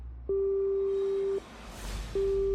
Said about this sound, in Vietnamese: Chuông điện thoại của ông ấy reng lên. Bên kia đầu dây là vợ đang gọi.